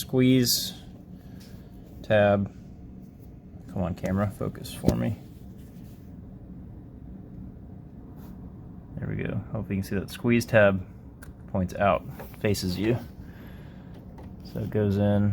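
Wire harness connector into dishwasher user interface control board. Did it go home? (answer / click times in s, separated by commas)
no / none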